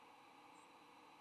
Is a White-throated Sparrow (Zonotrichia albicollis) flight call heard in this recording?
no